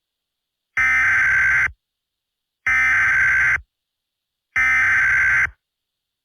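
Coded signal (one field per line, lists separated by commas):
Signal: Emergency Alert System (SAME) tones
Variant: header bursts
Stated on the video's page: Parody EAS tornado alert with fart sounds.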